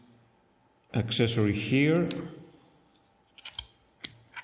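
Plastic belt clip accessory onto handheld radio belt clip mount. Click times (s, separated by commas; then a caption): 4.0 s. A plastic belt clip accessory is pushed down onto the belt clip mount of a Baofeng UV-32 handheld radio until it locks into place. Someone talks early in the clip, then a few light plastic clicks are heard. A sharp lock click at 4.1 seconds shows the clip has seated.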